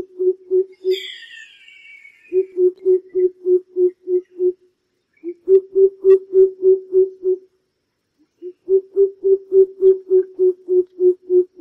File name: Tieng chim bim bip